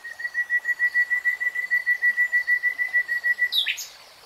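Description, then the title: Nightingale song: a rapid, even run of clear whistled notes at one pitch, ending in a brief harsh note. "[Tiếng chim hót] Nightingale Singing"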